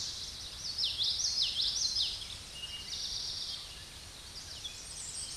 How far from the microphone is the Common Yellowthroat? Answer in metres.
about 15 m